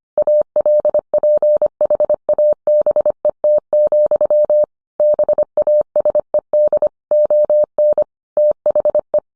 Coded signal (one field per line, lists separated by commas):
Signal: Morse code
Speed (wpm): 25 wpm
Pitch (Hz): 600 Hz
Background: none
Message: ALPHABET, BASED ON THE